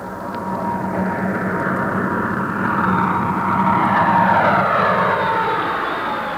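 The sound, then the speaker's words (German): A jet fighter roars overhead above a big city, above the thunder, a dense, steady rushing noise with a low rumble underneath. It swells gradually to a peak before easing slightly. No voices are heard. “Über dem Donner höre ich den Düsenjäger.”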